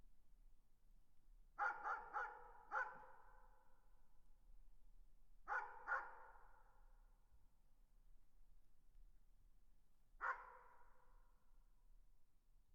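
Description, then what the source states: Dog barking, short harsh barks in three bursts: four quick barks early on, two more around six seconds, then a single bark near ten seconds. Distant dog barking.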